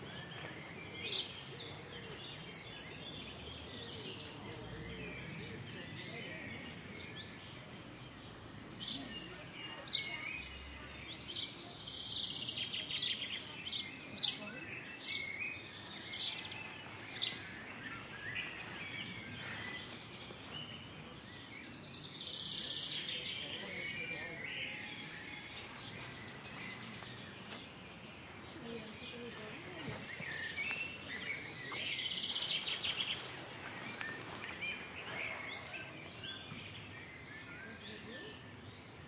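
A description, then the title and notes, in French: Birdsong recorded on an outdoor walk, with scattered chirps and short trills coming through steadily over a dense outdoor hum. Calls sound mostly bright, with a few sharper notes around ten and seventeen seconds and warbling phrases near twenty-five and thirty-three seconds. Balade au rythme des chants d'oiseaux. Voici trois enregistrements de chants d’oiseaux, faits lors de différentes promenades.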